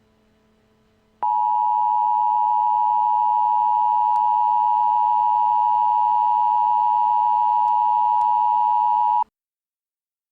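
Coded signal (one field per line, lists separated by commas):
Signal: Emergency Alert System (SAME) tones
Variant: 853 and 960 Hz attention tone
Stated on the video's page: Fictional EAS scenario about a hijacked signal.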